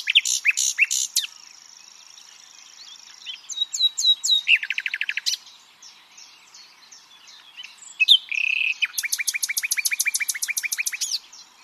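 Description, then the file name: Common nightingale song: rapid high chips, a long steady high note, a buzzy trill, then a fast even series of repeated notes. "Luscinia megarhynchos"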